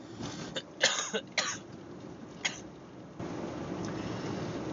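An adult gives a run of about five short, harsh coughs within two seconds, then one more isolated cough. The bursts are dry and abrupt, a persistent, hard-to-stop cough. Steady background hiss rises near the end.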